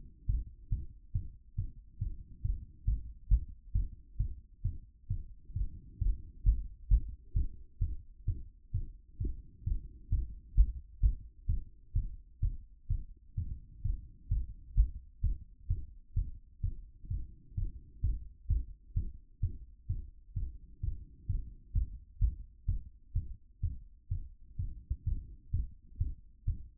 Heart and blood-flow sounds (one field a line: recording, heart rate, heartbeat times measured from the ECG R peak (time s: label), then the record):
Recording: heart sounds by stethoscope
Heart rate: 130 bpm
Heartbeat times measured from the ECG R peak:
0.26 s: heartbeat
0.69 s: heartbeat
1.12 s: heartbeat
1.55 s: heartbeat
1.98 s: heartbeat
2.41 s: heartbeat
2.85 s: heartbeat
3.28 s: heartbeat
3.72 s: heartbeat
4.17 s: heartbeat
4.62 s: heartbeat
5.07 s: heartbeat
5.53 s: heartbeat
5.98 s: heartbeat
6.43 s: heartbeat
6.88 s: heartbeat
7.33 s: heartbeat
7.79 s: heartbeat
8.25 s: heartbeat
8.71 s: heartbeat
9.18 s: heartbeat
9.64 s: heartbeat
10.09 s: heartbeat
10.55 s: heartbeat
11.00 s: heartbeat
11.46 s: heartbeat
11.93 s: heartbeat
12.40 s: heartbeat
12.87 s: heartbeat
13.35 s: heartbeat
13.82 s: heartbeat
14.28 s: heartbeat
14.74 s: heartbeat
15.20 s: heartbeat
15.67 s: heartbeat
16.14 s: heartbeat
16.61 s: heartbeat
17.08 s: heartbeat
17.54 s: heartbeat
18.01 s: heartbeat
18.47 s: heartbeat
18.93 s: heartbeat
19.40 s: heartbeat
19.87 s: heartbeat
20.33 s: heartbeat
20.80 s: heartbeat
21.26 s: heartbeat
21.72 s: heartbeat
22.19 s: heartbeat
22.65 s: heartbeat
23.13 s: heartbeat
23.60 s: heartbeat
24.08 s: heartbeat
24.56 s: heartbeat
25.04 s: heartbeat
25.51 s: heartbeat
25.98 s: heartbeat
26.45 s: heartbeat
From the record:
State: after exercise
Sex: male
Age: 53 years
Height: 175 cm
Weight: 88 kg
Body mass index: 28.73